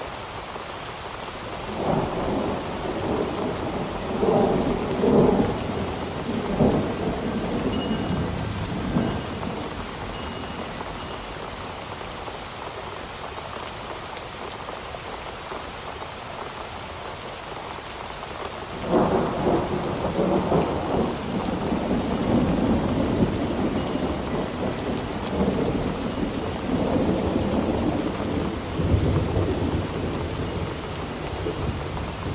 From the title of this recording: A Relaxing Storm